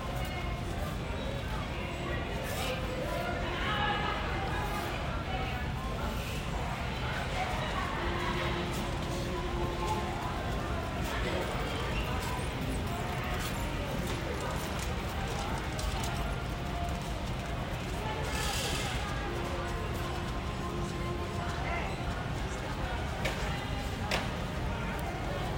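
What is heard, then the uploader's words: Shopping carts rattle and roll through a busy store while customers' voices murmur steadily, with scattered clatters and brief tones over a low hum. A relaxing stroll through a Walmart. You'll hear the sounds of shopping carts and baskets rolling across the floor, as customers make their way through the aisles. The sound of products being picked up and put back, the rustle of bags and boxes, and the clink of cans and bottles create a sense of activity and movement.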